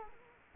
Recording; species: mosquito wingbeat signal from an infrared sensor; Culex quinquefasciatus